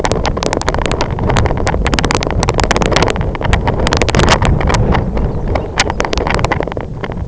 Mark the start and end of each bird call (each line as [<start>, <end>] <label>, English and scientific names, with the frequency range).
[4.84, 6.05] Lapland Longspur (Calcarius lapponicus) (2.6-5.6 kHz)